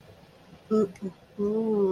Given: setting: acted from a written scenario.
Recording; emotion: vocal sound without words; romantic love